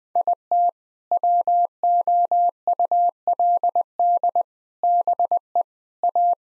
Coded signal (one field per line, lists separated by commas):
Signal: Morse code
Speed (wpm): 21 wpm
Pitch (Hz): 700 Hz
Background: none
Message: IT WOULD BE A